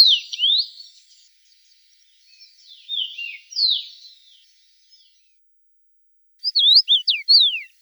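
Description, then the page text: Common rosefinch song: a quick phrase of clear, slurred whistles near the end, after earlier twittering, slurred notes. "Чечевица обыкновенная (Carpodacus erythrinus) – Пение"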